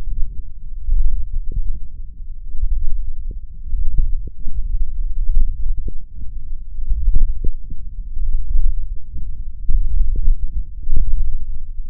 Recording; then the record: forearm muscle sounds (acoustic myography)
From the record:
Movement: wrist extension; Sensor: system 1, eight BSWA MPA416 microphones around the upper forearm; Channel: 8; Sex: male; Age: 21 years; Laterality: right